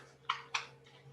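A belt buckle on a portable folding table frame is fastened, and two loud, sharp snaps ring out at 0.3 s and 0.55 s. A low steady hum runs underneath. The belt is confirmed fastened and seated.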